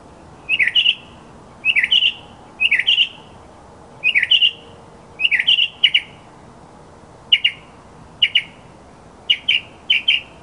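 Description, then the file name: Mockingbird song: paired and tripled chattering notes in short groups, repeated roughly once per second with brief gaps between phrases. Recording used as a master song for training other birds. "suara masteran mockingbird"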